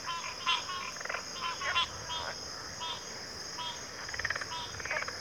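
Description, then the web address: Crickets keep up a constant shrill trill while scattered rattling and pulsed calls break in irregularly. Chorus of crickets at a backwater. "Sleep Sounds of Nature CRICKETS 03 Backwater Chorus"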